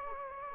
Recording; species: mosquito wingbeat signal from an infrared sensor; Anopheles gambiae